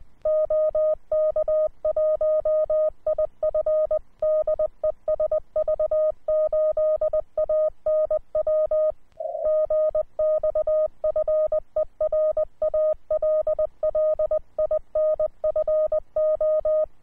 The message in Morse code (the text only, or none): OK1IF DE SV8ANW GXFER ALL INFO